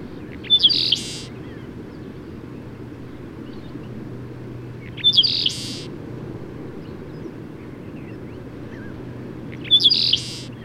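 Bird song: three short, bright, buzzy chirping phrases roughly every four to five seconds, over a steady low rumbling hum.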